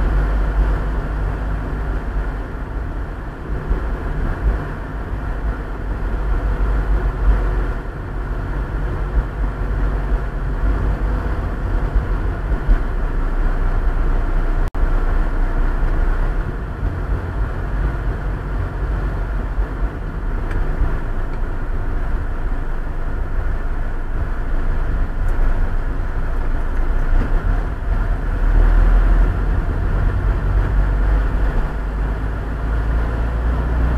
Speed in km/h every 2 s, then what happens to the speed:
39, 39, 39, 38, 37, 37, 37, 37, 35, 36, 35, 31, 27, 21, 22, 25, 28.
0-19 steady at about 37. 19-26 slows to 21. 26-34 speeds up to 28.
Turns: none.